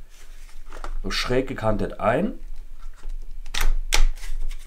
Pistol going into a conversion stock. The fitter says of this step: schieben sie nach vorne bis sie einrastet solche vorne ist der sicherung